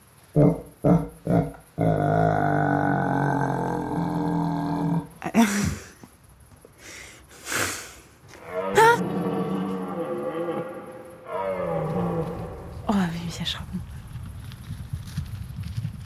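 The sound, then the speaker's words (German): A stag's bellow imitated by blowing into a triton conch shell: a few short grunts, then long, loud, deep groaning roars with a wavering pitch, separated by breathy gasps. No one speaks. “Das war ein Hirsch.”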